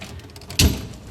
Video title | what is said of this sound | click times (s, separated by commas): How to Remove and Install a Kitchen Sink Faucet (Moen--Georgene 87912SRS) | basically push it in until you hear a snap. Like | 0.6 s